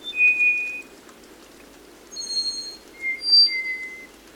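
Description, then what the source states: Black-faced Solitaire song: clear, pure whistled notes at varied pitches, some high and thin, in short phrases separated by a pause. Slate-gray bird singing while moving furtively in dense understory of wet mountain forests, Costa Rica; song called eerie and gorgeous.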